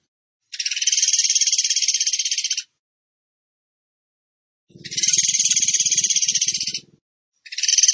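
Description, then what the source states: Bird song: two-second bursts of fast, even trill separated by pauses, with a faint low rumble under the second burst. Masteran training recording of bird song in the tembakan gacor style.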